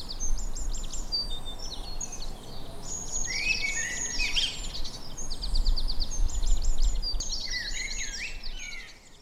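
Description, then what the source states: Birds chorusing with rapid high trills and chirped phrases almost continuously, over a low rumbling background. Evening birdsong.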